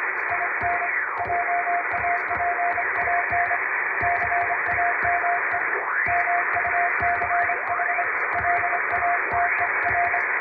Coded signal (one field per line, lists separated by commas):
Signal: Morse code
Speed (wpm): 25 wpm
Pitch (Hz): 700 Hz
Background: radio noise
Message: IN JAPAN CAME MUCH LATER